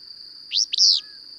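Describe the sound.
Bird uttering a clear rising chirp, then a quick stutter and a longer high slurred note, over a constant thin whining tone.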